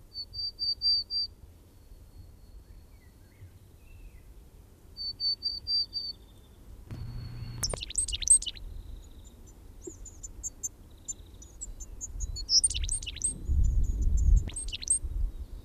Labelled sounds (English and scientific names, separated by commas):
Willow Tit (Poecile montanus)